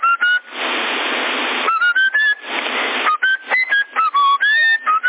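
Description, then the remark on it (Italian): A parrot lets out a string of sharp, loud whistles that slide up and down in pitch, broken by two long raspy, hissing screeches. No one talks over it. “Con la metà fianca a me c'è il pappagallo e fa.”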